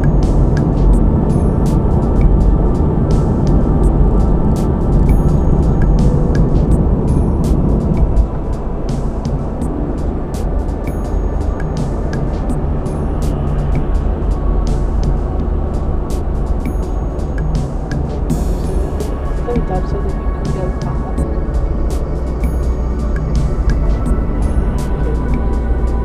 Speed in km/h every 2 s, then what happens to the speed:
66, 68, 64, 61, 64, 66, 68, 63, 60, 56, 53, 50, 50.
0-12 steady at about 66. 12-22 slows to 50.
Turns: none.